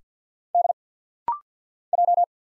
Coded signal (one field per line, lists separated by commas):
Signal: Morse code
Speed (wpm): 50 wpm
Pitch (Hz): 700 Hz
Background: none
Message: D J